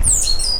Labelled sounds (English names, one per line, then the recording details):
Stitchbird song
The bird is a male
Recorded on Tiritiri Matangi Island, New Zealand, in 2005
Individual 12, of nest box 16